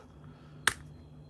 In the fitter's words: and eventually you'll hear the clicks the display will pop up like this